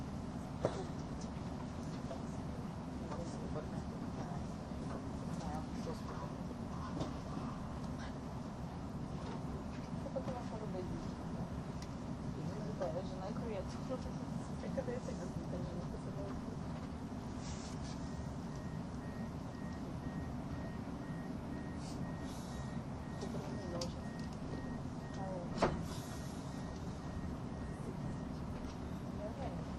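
Inside an ETR610 EC train running through the Gotthard Base Tunnel, a steady low rumble continues with faint voices and brief clicks near 1 and 26 seconds.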